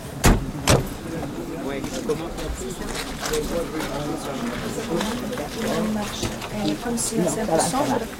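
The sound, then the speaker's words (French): The door of the women's barrack is opened with two sharp clicks of the latch in quick succession, followed by a steady murmur of people talking and soft rustling. “Ah, j'ouvre la porte.”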